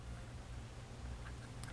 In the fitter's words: just push that pin on home you should feel it kind of click in place